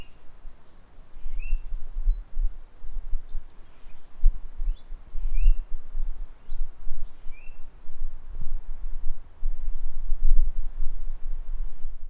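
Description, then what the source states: Birds giving brief, sharp high chirps and whistled slurs scattered irregularly throughout, over a constant low rumble. Recorded outdoors in a natural setting.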